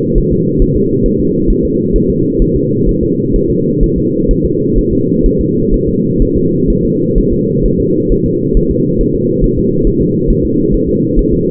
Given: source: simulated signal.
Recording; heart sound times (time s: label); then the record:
fetal heart sounds
0.18 s: S1
0.33 s: S2
0.62 s: S1
0.76 s: S2
1.06 s: S1
1.20 s: S2
1.50 s: S1
1.65 s: S2
1.96 s: S1
2.10 s: S2
2.42 s: S1
2.56 s: S2
2.89 s: S1
3.03 s: S2
3.36 s: S1
3.50 s: S2
3.83 s: S1
3.98 s: S2
4.31 s: S1
4.45 s: S2
4.78 s: S1
4.93 s: S2
5.26 s: S1
5.41 s: S2
5.74 s: S1
5.89 s: S2
6.22 s: S1
6.37 s: S2
6.70 s: S1
6.85 s: S2
7.18 s: S1
7.33 s: S2
7.66 s: S1
7.80 s: S2
8.12 s: S1
8.26 s: S2
8.57 s: S1
8.71 s: S2
9.01 s: S1
9.15 s: S2
9.44 s: S1
9.58 s: S2
9.87 s: S1
10.02 s: S2
10.30 s: S1
10.45 s: S2
10.74 s: S1
10.89 s: S2
11.19 s: S1
11.33 s: S2
From the record:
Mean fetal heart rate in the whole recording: 130 bpm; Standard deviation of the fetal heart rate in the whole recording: 4 bpm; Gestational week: 38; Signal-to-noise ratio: -11.2 dB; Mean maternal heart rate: 72 bpm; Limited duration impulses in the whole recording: present